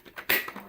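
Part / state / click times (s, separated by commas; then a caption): suction hose into grooming clipper body / seated / 0.3 s. A plastic suction hose is refitted onto a pet grooming clipper with a vacuum, 15000 Pa. A sharp click at 0.3 s shows the hose clipping into place on the clipper body, followed by a faint tap near 0.6 s. No one talks in the clip.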